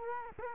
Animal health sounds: mosquito wingbeat signal from an infrared sensor; Culex quinquefasciatus

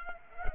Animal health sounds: mosquito wingbeat signal from an infrared sensor; Culex pipiens

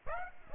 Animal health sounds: mosquito wingbeat signal from an infrared sensor; Aedes aegypti

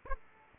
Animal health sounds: mosquito wingbeat signal from an infrared sensor; Aedes aegypti

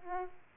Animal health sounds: mosquito wingbeat signal from an infrared sensor; Aedes aegypti

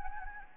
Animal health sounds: mosquito wingbeat signal from an infrared sensor; Anopheles gambiae

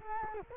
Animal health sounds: mosquito wingbeat signal from an infrared sensor; Culex quinquefasciatus

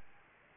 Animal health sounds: mosquito wingbeat signal from an infrared sensor; Anopheles gambiae

